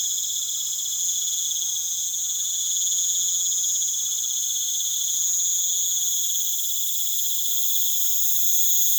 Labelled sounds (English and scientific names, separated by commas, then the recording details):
none
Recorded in pastures near Puerto Asís, Putumayo, Colombia, on 25 June 2025 at 19:00
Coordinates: 0.487, -76.322
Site H26